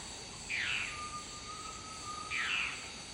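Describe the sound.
Dusky-throated antshrike calls: two harsh downslurred notes with a long thin steady whistle between them, over a high insect hum.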